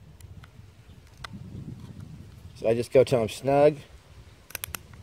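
A scope ring screw is turned into its scope ring mount with a torque driver while someone talks, tightening it a teeny bit more until it is snug. The torque driver then gives sharp clicks at about 4.5, 4.6, 4.6 and 4.8 seconds, confirming the screw has reached its torque.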